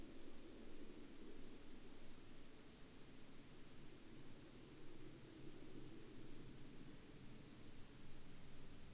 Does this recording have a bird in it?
no